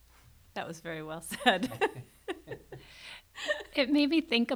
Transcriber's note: laughter